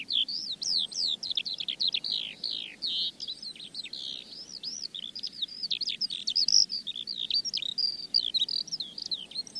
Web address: BBC. skylark song flight with occasional gusts of wind